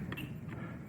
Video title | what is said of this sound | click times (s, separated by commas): WhisperGreen Select FV-0511VKS1 Series – Maintenance and Cleaning Tutorial | We're gonna plug our Molex back in. You'll hear a click. Done. | 0.1 s